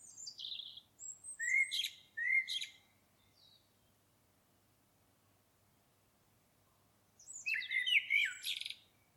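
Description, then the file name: Common blackbird song: short fluted notes with bursts of high, scratchy twitter, then a long quiet stretch before one more warbled phrase. "Turdus merula"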